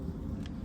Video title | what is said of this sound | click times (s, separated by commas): How to Change Ford Maverick Spare Tire Step-by-Step. Changing Donut Tire to Full Size Tire | We're gonna put it in with the square, push the tab down so it could lock into place. | 0.5 s